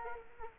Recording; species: mosquito wingbeat signal from an infrared sensor; Culex quinquefasciatus